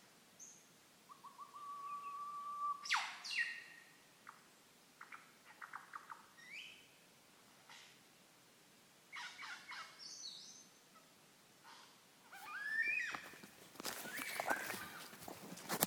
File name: lyrebird